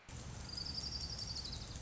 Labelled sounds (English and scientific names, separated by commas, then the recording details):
Orange-crowned Warbler (Leiothlypis celata)
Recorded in Sonoma County, California